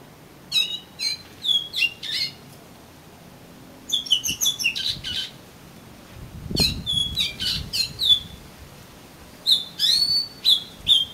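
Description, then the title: Oriental magpie-robin song of scratchy, whistled note clusters repeated in phrases, with one dull thump partway through. "Kacer Kacer"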